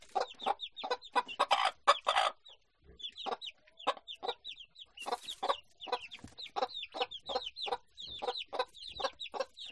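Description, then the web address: Chicken clucks from a hen mixed with a steady stream of high, downward-slurred chick peeps, many birds calling at once with brief pauses. Hen with chicks in the henhouse. "gallina con pollitos en el gallinero"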